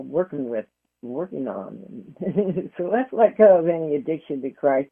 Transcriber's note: laughs